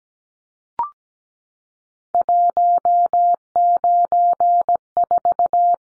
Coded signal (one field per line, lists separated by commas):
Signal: Morse code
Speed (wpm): 17 wpm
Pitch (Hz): 700 Hz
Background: none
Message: 194